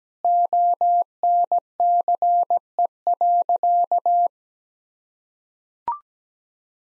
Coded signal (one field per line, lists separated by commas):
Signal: Morse code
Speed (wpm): 17 wpm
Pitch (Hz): 700 Hz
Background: none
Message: ONCE.